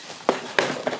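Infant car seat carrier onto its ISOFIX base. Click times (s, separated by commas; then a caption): 0.3 s, 0.6 s. An infant car seat carrier shell is lowered onto its installed ISOFIX base and latches, with sharp clicks at 0.3 s and 0.6 s and a softer knock at 0.9 s. The carrier is seated on the base, and nothing else is needed.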